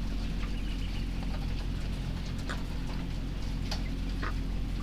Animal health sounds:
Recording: poultry house recording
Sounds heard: sick chickens (respiratory disease)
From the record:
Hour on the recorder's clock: 0

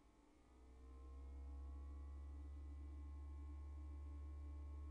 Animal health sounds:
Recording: poultry house recording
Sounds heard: no chicken sound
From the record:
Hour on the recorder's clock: 20

